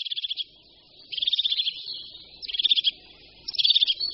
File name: Sýkora-parukářka